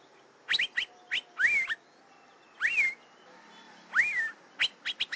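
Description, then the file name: Asian fairy-bluebird whistles: a few liquid notes that swoop up and then level off, separated by pauses, with short clipped notes before and after them. "suara kacembang gadung"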